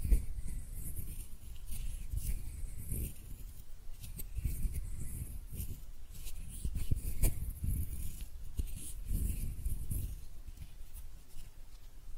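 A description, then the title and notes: Hands rub and brush against each other in an unbroken run of soft friction, with a dull low rumble underneath and a dry, scratchy hiss on top. The motion swells and fades irregularly, with brief sharper scrapes around the four-, seven- and nine-second marks. ASMR Relaxing Hand Sounds (No Talking).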